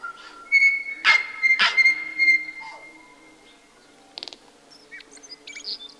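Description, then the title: Tui song: a sustained pure whistle cut by two loud crackling bursts, then a fading tone, a short rattled burst and soft scattered clicks. "Tui sings"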